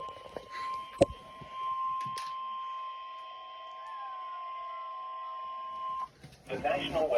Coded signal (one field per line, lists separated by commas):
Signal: Emergency Alert System (SAME) tones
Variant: 1050 Hz attention tone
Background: speech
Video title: Severe thunderstorm watch#90 (only 2 ending tones?!?) my first EAS capture! #severeweather